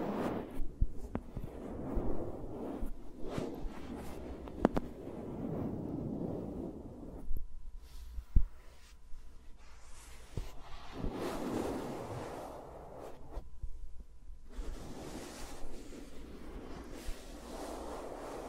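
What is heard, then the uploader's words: Fingers rub and brush against microphones with no talking, making a soft, dense rustling that swells and fades in slow waves. Sharp taps and clicks break through every few seconds, and a steady low hum with a faint tone runs underneath. ASMR with Mics Around My Fingers (No Talking).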